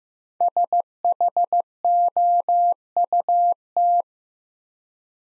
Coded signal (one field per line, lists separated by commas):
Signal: Morse code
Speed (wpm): 15 wpm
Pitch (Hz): 700 Hz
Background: none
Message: SHOUT